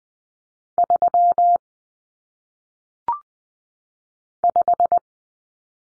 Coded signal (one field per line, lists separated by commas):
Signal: Morse code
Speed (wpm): 20 wpm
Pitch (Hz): 700 Hz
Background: none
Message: 3 5